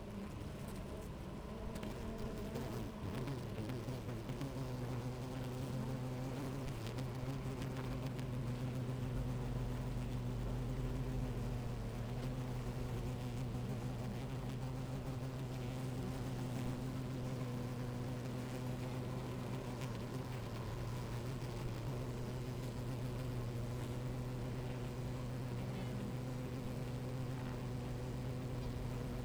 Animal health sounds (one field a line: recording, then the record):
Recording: honeybee colony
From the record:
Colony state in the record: active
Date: 28 July 2017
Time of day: 10:58